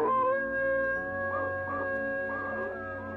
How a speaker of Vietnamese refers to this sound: Chó mèo nhà hàng xóm láng giềng đều đã quen mặt. Bình thường chúng nó thấy ông cụ có bao giờ nó sủa nó cắn đâu, mà sao đêm nay chúng nó kỳ lạ như vậy. Bầy chó nhìn ông cụ rồi đột nhiên chu lên những hồi ai oán.